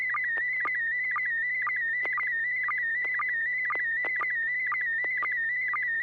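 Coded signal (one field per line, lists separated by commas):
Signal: SSTV (slow-scan television)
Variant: PD120 mode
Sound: steady warbling high tone with rhythmic short low blips about twice a second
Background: low hum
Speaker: uh Bill thank you yes I do so it's uh pd120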